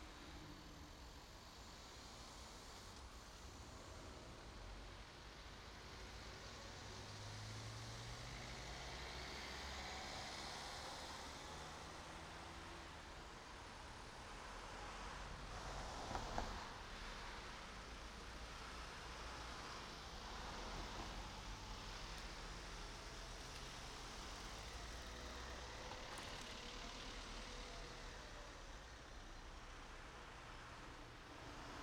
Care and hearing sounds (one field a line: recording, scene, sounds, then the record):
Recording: everyday scene through a hearing-aid microphone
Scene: in traffic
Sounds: traffic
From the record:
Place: main road on the outskirts, rush hour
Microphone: in the ear canal, right